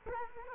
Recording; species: mosquito wingbeat signal from an infrared sensor; Culex quinquefasciatus